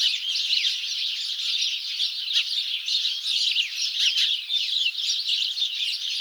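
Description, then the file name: House sparrow chirps in a crowded chorus, sharp repeated notes overlapping from many birds, a few louder chirps standing out. "Passer domesticus"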